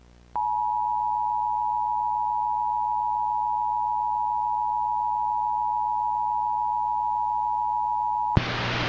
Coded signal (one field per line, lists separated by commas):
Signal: Emergency Alert System (SAME) tones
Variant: 853 and 960 Hz attention tone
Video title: EAS Recreation Mock - TOR AND 100 MPH WIND GUSTS???